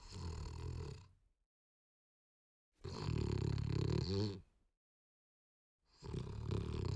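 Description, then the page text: French Bulldog snorting: three rough, low, breathy bursts, each about a second or more long, separated by silences. "French Bulldog Snort Short. Quick Sounds"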